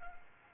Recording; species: mosquito wingbeat signal from an infrared sensor; Anopheles arabiensis